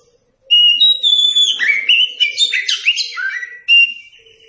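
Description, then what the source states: Oriental magpie-robin's bright whistled song, a rapid run of rising and falling notes closing on a steady held whistle. Kacer song used for training captive birds.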